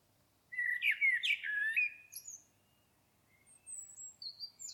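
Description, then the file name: Common blackbird song: a mellow whistled phrase of slurred notes with scratchy high accents, followed by a few thin, high, faint notes. "Turdus merula"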